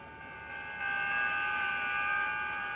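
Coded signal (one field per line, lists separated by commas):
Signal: FT8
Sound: several steady, slowly warbling tones layered together over background hiss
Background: radio static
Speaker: FT8. There's the FT8 signals. I'll just turn the audio up for a second. It's a little hard when I'm holding the reed. There we go. And regular FT8 type noise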